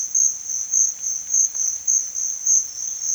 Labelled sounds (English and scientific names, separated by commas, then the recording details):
none
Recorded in secondary vegetation near Puerto Asís, Putumayo, Colombia, on 29 June 2025 at 15:30
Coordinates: 0.499, -76.323
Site G077